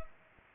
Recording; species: mosquito wingbeat signal from an infrared sensor; Culex pipiens